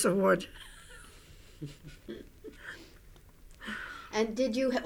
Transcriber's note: she laughs